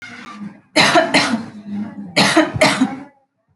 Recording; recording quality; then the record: shallow voluntary cough; excellent, no background noise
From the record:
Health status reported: healthy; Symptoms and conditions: none ticked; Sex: female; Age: 23 years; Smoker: not ticked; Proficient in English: yes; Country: India